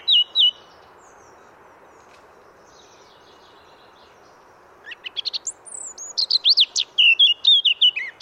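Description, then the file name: Eurasian blackcap singing: a brief whistled phrase, a few seconds of quiet, then a fast chattering warble ending in rich flute-like whistles. "Sylvia atricapilla"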